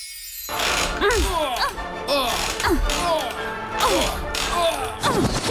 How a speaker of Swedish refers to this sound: Du har just hört ljud från en knarrande gungstol.